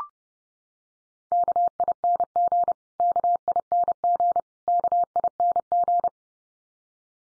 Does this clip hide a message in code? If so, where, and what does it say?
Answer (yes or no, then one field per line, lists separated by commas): yes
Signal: Morse code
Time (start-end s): 1.3-6.1 s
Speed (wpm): 30 wpm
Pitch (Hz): 700 Hz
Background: none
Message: KING KING KING